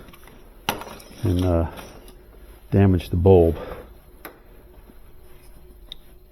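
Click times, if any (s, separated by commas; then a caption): 5.9 s. Someone talks while a fog light connector/socket is pushed into the fog lamp of a 2012 Scion iQ, after the bulb has been refitted, with a sharp knock near 0.7 s and a lighter tap near 4.3 s. The socket locks with a short, crisp click at 5.9 s, and it is seated.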